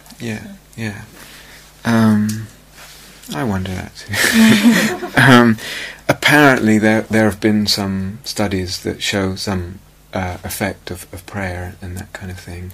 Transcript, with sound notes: Yeah, yeah. I wonder that too! [laughter] Apparently there have been some studies that show some effect of prayer and that kind of thing.